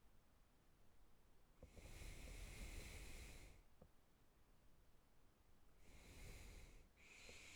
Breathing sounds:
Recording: nose breathing near a microphone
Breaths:
1.56-3.49 s: exhalation
5.70-6.90 s: exhalation
6.90-7.56 s: inhalation
From the record:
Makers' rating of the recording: good

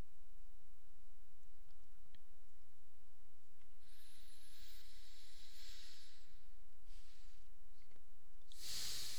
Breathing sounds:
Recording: nose breathing near a microphone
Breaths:
3.65-7.80 s: inhalation
7.80-9.19 s: exhalation
From the record:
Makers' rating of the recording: medium

